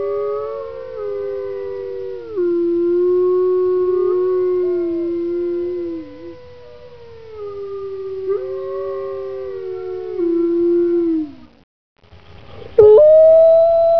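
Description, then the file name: Wolf howls: long mournful tones that hold, dip and rise again; a short silence, then a new rising howl. "Zvuki prirody Voy Volka"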